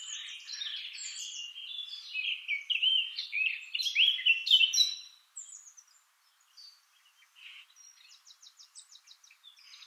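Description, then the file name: Eurasian blackcap song: a hurried, rich warble building in volume, then dropping away to soft high notes and a quick run of short notes. "Sylvia atricapilla"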